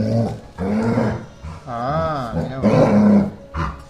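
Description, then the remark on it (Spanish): A dog growls and grumbles in several loud, drawn-out bursts, its pitch wavering up and down like it's trying to talk, with brief pauses between the vocalizations. “FM Los Molinos, la radio que escucha a mi perro.”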